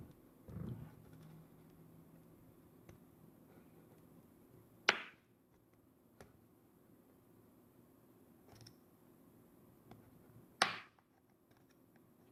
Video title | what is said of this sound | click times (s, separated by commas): How to remove back cover of Samsung Tablet:-No special tools needed | And guys, you can hear the snaps pulling apart, so just take time. | 4.9 s, 10.6 s